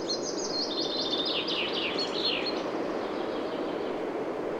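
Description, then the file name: Common chaffinch song: a series of rapid trills stepping downward in pitch, ending in a quick flourish, over a steady rushing background noise. "Fringilla coelebs"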